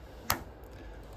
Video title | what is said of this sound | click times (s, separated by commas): Lighting for Impact - Power Input Connector (PIC) Installation Tutorial | Once this is done, you'll hear an audible click. | 0.3 s